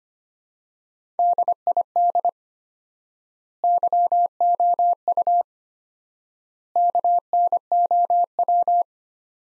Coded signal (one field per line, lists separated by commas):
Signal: Morse code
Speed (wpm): 25 wpm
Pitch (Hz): 700 Hz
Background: none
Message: DID YOU KNOW